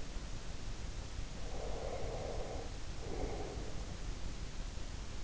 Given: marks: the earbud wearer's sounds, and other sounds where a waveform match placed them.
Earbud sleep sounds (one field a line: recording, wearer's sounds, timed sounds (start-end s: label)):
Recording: sounds in sleep by an in-ear microphone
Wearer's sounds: breath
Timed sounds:
1.38-4.29 s: breath